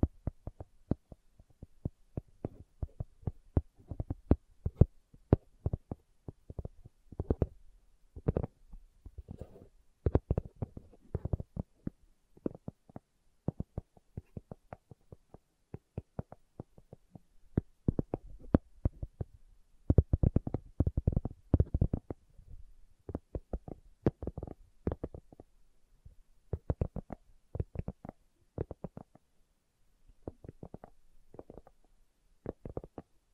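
Slow ASMR tapping: soft, dull taps in irregular clusters, some quick bursts and brief pauses, with a faint low hum between them.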